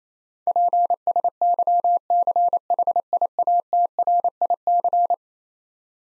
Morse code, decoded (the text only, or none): PSYCHIATRIC